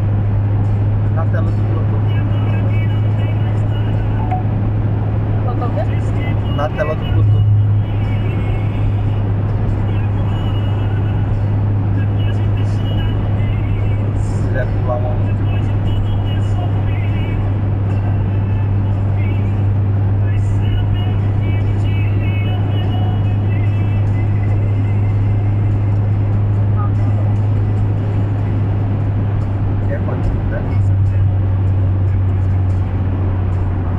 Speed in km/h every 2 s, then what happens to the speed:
120, 121, 121, 119, 117, 117, 118, 115, 115, 114, 116, 117, 117, 118, 115, 111, 106.
0-27 steady at about 117. 27-34 slows to 106.